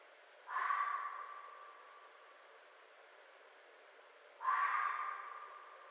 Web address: Red Fox 2011 05 04 Red Fox short